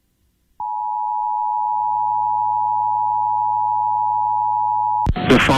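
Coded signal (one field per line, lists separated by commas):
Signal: Emergency Alert System (SAME) tones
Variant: 853 and 960 Hz attention tone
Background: speech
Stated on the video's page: Winter storm warning for western Upper Michigan received on NOAA Weather Radio.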